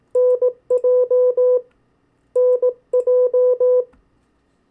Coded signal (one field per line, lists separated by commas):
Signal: Morse code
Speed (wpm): 18 wpm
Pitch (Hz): 500 Hz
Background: none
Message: NJ NJ